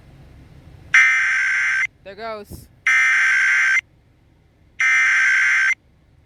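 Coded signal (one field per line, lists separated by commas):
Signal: Emergency Alert System (SAME) tones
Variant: header bursts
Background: speech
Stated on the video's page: Child abduction emergency (Amber Alert) recorded from a Georgia radio station via the TuneIn app.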